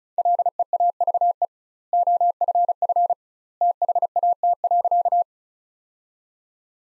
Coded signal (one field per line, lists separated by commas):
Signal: Morse code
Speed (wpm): 34 wpm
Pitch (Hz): 700 Hz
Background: none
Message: LEAVE OFF THAT.